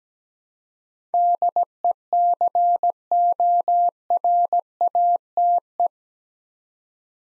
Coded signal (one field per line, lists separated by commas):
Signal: Morse code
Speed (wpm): 17 wpm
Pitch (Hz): 700 Hz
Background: none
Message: DECORATE